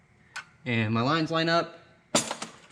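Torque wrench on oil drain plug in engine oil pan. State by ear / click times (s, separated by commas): torque reached / 0.4 s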